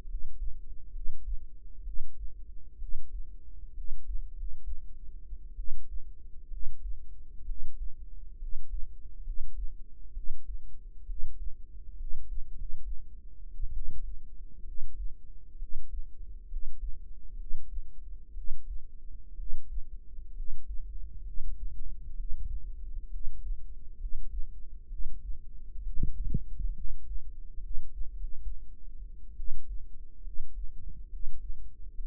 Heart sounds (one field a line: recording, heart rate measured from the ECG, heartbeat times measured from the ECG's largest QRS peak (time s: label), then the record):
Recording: heart sounds by microphone in the right ear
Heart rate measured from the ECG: 66 bpm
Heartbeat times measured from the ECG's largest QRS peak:
0.04 s: heartbeat
0.90 s: heartbeat
1.81 s: heartbeat
2.76 s: heartbeat
3.71 s: heartbeat
4.31 s: heartbeat
5.54 s: heartbeat
6.47 s: heartbeat
7.43 s: heartbeat
8.36 s: heartbeat
9.21 s: heartbeat
10.11 s: heartbeat
11.04 s: heartbeat
11.94 s: heartbeat
12.51 s: heartbeat
13.71 s: heartbeat
14.62 s: heartbeat
15.56 s: heartbeat
16.46 s: heartbeat
17.34 s: heartbeat
18.32 s: heartbeat
19.34 s: heartbeat
20.31 s: heartbeat
21.21 s: heartbeat
22.14 s: heartbeat
23.07 s: heartbeat
23.95 s: heartbeat
24.86 s: heartbeat
25.80 s: heartbeat
26.72 s: heartbeat
27.58 s: heartbeat
28.12 s: heartbeat
29.34 s: heartbeat
30.21 s: heartbeat
31.07 s: heartbeat
31.92 s: heartbeat
From the record:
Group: healthy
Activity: rest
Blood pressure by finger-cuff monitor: 108/70 mmHg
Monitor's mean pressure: 81 mmHg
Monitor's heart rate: 65 bpm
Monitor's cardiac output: 5.4 L/min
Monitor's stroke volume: 81 mL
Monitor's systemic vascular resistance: 1100 dyn s/cm5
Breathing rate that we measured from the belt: 15 breaths a minute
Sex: female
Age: 22 years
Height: 171 cm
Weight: 65.6 kg